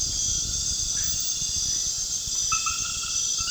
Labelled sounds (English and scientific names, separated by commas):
none